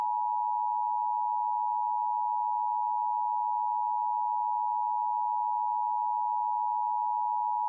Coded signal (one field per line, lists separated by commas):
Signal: Emergency Alert System (SAME) tones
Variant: 853 and 960 Hz attention tone